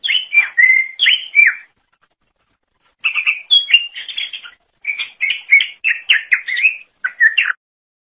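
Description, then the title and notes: Leafbird song: short runs of clear, slurred whistles and chirps delivered in quick succession, with one quiet gap early on. Cucak ijo song. "Suara Kicauan Burung Cucak Ijo"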